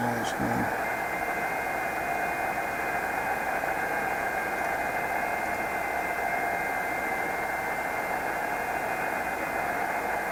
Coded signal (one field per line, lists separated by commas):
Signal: FT8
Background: speech